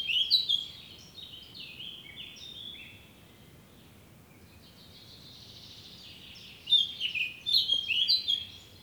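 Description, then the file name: Eurasian blackcap song, a brief warble at the start and a fuller burst of fast, jumbled high notes near the end, with quiet twittering from other birds between. "Sylvia atricapilla"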